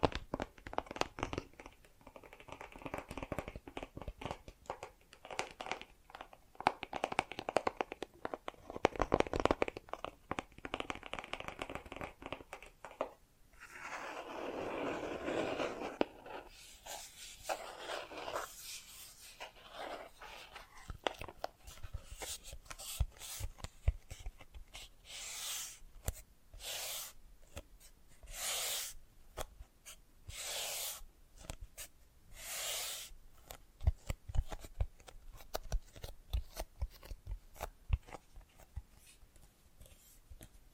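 Bracelets and jewelry boxes are handled, giving a busy run of sharp clicks, taps and small clattering rattles with brief quiet gaps. Around the fifteenth second a longer rubbing scrape sounds, and later come bright, crisp snaps and clinks at irregular intervals.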